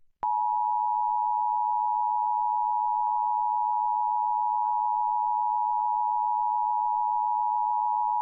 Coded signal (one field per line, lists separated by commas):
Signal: Emergency Alert System (SAME) tones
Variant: 853 and 960 Hz attention tone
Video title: PARTIAL KOCE-TV Flash Flood Warning (EAS #1281) 8/20/23